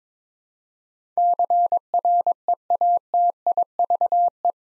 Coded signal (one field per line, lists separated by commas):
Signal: Morse code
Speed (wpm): 22 wpm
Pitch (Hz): 700 Hz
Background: none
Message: CREATIVE